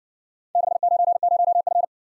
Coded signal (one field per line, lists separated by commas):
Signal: Morse code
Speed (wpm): 53 wpm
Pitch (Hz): 700 Hz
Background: none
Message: 690F